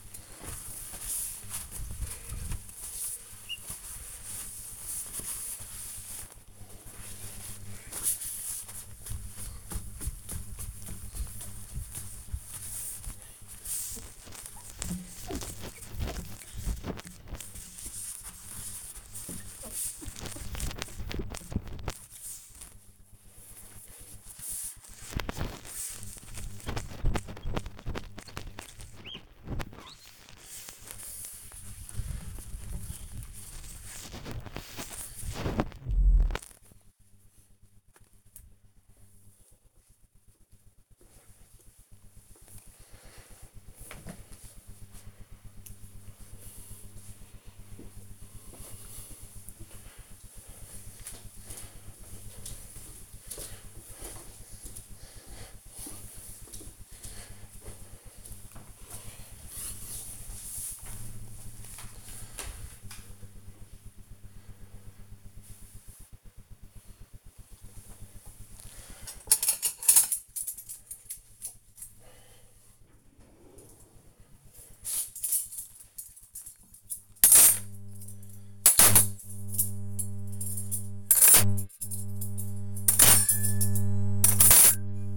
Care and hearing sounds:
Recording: household activities, microphone on the right wrist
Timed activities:
0.00-37.39 s: window cleaning
67.57-85.17 s: putting away the dishes

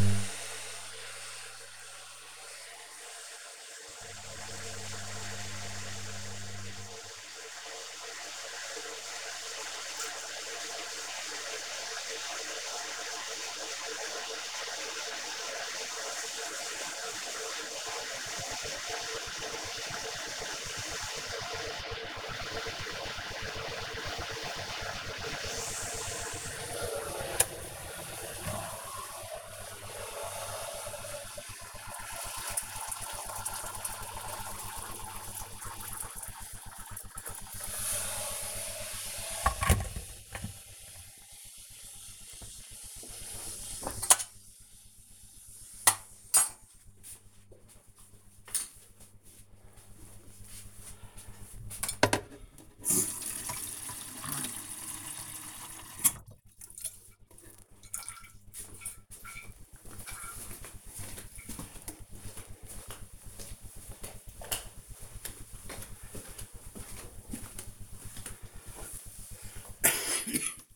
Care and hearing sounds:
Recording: household activities, microphone on the right wrist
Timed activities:
0.00-39.62 s: making tea
51.68-70.76 s: watering plant

